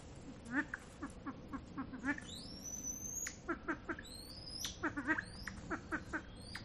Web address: lophura-nycthemera-sound